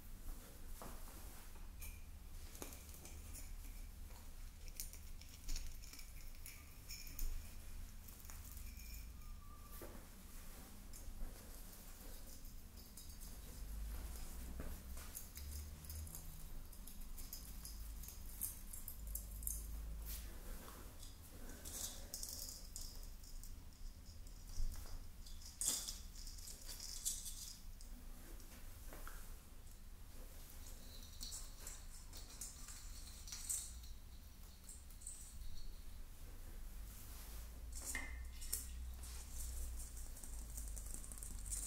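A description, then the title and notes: Decorating a Christmas tree: small clinks, taps and rustles of handled ornaments and branches come scattered throughout, with sharper clicks around the middle. A steady low rumble runs underneath the whole time, swelling in places. Decorating My Christmas Tree No Talking.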